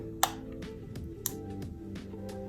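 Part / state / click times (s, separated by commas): articulating LCD screen closing into a camera body with a screen protector fitted / not seated / none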